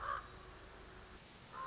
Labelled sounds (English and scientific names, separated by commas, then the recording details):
Common Raven (Corvus corax)
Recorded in Sonoma County, California